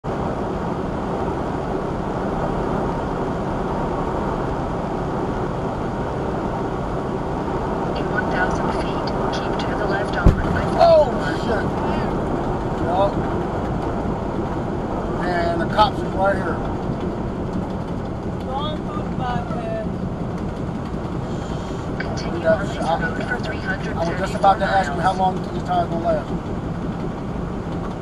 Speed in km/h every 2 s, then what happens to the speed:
116, 116, 116, 118, 116, 116, 114, 98, 87, 76, 76, 74, 74, 74.
0-12 steady at about 116. 12-18 brakes to 76. 18-28 steady at about 74.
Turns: none.